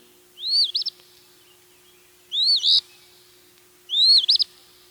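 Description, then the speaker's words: Eastern Phoebe calling, three sharp two-part notes, each a rising slur then a quick wavering flourish, evenly spaced over a faint steady hum. Comes close to saying its name, though half the time it says phoebe; a dully colored little flycatcher that often nests under bridges. "phoebe comes close to saying its name too, although half the time it says phoebe."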